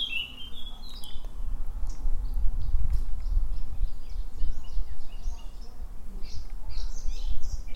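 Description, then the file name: Eurasian blackcap song: a clear whistled phrase opens, followed later by a run of quick warbling notes, over steady low rumbling background noise. "Sylvia atricapilla"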